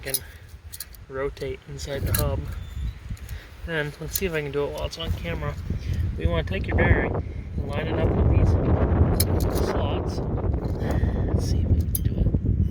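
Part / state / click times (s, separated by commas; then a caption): bearing into axle hub slots / seated / 11.9 s. Someone talks while lining up the tabs of a metal bearing with the slots inside a vehicle hub and working it in, with rustling and scraping as it is turned. A sharp click at 12.0 s marks the bearing seating into the hub slots.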